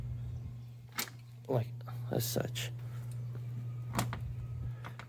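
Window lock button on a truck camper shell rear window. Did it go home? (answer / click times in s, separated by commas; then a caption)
yes / 4.0 s, 4.1 s, 4.9 s, 5.0 s. Someone talks while pressing down on the lock buttons on top of the rear window of a SnugTop truck camper shell to latch it. Sharp latching clicks sound at 4.0, 4.1, 4.9 and 5.0 seconds over a steady low hum, and the window ends up latched and locked.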